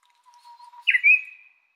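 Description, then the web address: Japanese bush warbler song: a soft, long, low whistle followed by a sudden louder, higher flourish that trails off, in otherwise quiet surroundings. "ウグイス"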